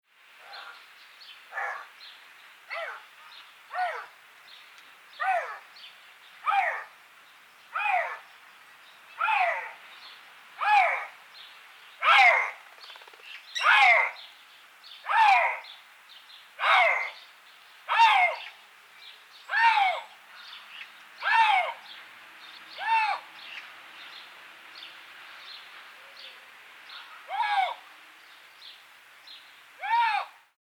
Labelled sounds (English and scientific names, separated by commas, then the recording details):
Eurasian Lynx (Lynx lynx)
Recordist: Tembrock, Günter
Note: Rufreihe